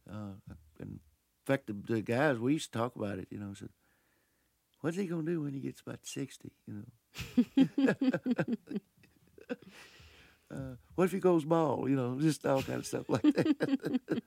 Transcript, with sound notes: In fact, the guys, we used to talk about, you know, say, What's he gonna do when he gets about 60? you know.
(LAUGHTER)
What if he goes bald? you know. Just all kind of stuff like that.